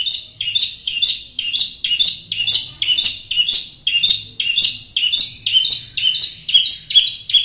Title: Cendet masteran cendet